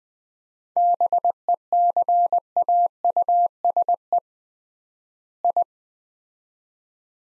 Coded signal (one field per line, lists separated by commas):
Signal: Morse code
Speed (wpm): 20 wpm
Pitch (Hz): 700 Hz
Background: none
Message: BECAUSE I